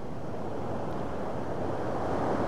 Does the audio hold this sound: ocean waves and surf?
yes